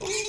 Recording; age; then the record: pig call; weaner (32 to 43 days)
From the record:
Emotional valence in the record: negative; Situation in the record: short isolation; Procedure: open field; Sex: female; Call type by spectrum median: high-frequency call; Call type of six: high-frequency stable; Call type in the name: high-frequency stable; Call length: 0.28 s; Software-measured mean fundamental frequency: 440 Hz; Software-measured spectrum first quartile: 884 Hz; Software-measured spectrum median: 2711 Hz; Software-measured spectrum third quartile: 5891 Hz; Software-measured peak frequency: 404 Hz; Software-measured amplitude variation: 83 dB a second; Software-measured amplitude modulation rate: 19.5 a second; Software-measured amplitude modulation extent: 4.3 dB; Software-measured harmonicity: 4.0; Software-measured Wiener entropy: -2.16